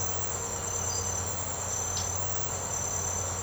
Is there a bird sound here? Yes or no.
no